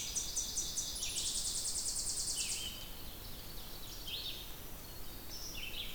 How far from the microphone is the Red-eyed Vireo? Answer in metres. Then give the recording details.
about 45 m. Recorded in boreal forest in Alberta, Canada, on 2 June 2016 at 08:33. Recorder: SongMeter 3, array SBT-3-7. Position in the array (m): 306 m, 30 m